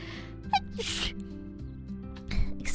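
An adult woman takes a quick catch of breath, then lets out a sharp, hissy sneeze and a brief second burst over a low background hum.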